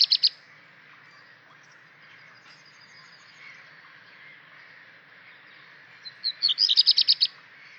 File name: svart rodstjart